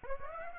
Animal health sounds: mosquito wingbeat signal from an infrared sensor; Aedes aegypti

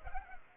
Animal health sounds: mosquito wingbeat signal from an infrared sensor; Culex pipiens

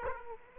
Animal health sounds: mosquito wingbeat signal from an infrared sensor; Aedes aegypti

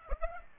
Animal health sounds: mosquito wingbeat signal from an infrared sensor; Aedes aegypti

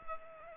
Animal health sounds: mosquito wingbeat signal from an infrared sensor; Culex pipiens

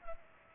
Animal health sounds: mosquito wingbeat signal from an infrared sensor; Culex pipiens

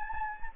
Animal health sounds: mosquito wingbeat signal from an infrared sensor; Anopheles gambiae

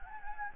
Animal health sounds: mosquito wingbeat signal from an infrared sensor; Anopheles gambiae

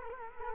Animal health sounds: mosquito wingbeat signal from an infrared sensor; Culex quinquefasciatus

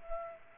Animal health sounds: mosquito wingbeat signal from an infrared sensor; Culex pipiens

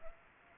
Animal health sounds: mosquito wingbeat signal from an infrared sensor; Anopheles gambiae

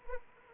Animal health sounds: mosquito wingbeat signal from an infrared sensor; Anopheles arabiensis

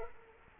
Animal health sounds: mosquito wingbeat signal from an infrared sensor; Culex quinquefasciatus

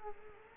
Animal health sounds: mosquito wingbeat signal from an infrared sensor; Culex quinquefasciatus

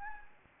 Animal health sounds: mosquito wingbeat signal from an infrared sensor; Anopheles gambiae

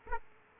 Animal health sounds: mosquito wingbeat signal from an infrared sensor; Aedes aegypti

